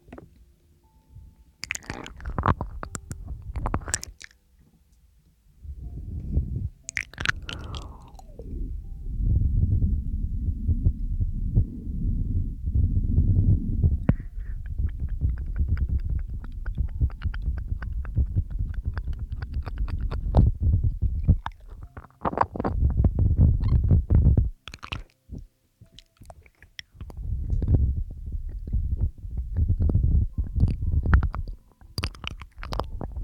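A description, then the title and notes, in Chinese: Mouth sounds: wet clicks and smacks that snap sharply, with crunchy chewing-like bursts around 2, 7, 25 and 32 seconds. Between them runs a dense, low, rumbling churn that comes and goes, dropping to near silence around 5 and 22 seconds. 又是新鲜口腔声asmr。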